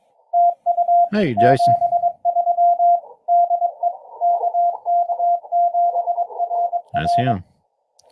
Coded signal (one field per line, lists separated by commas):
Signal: Morse code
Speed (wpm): 22 wpm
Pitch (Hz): 700 Hz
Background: speech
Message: TU 73 DE KK7RR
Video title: Let's Hunt Some POTA!